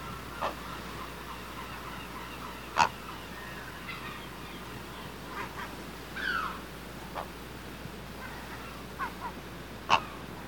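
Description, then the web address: Great blue heron young calling from the nest with scattered dry clicks and brief harsh notes, one descending rasp midway, against a constant low background hum. Notes from birds in the nest. "grt blue heron notes from birds in nest"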